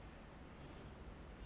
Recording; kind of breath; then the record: one breath in and out by a microphone near the nose and mouth; normal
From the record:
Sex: male